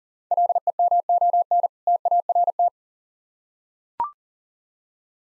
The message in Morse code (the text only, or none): LEMON TART